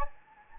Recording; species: mosquito wingbeat signal from an infrared sensor; Anopheles gambiae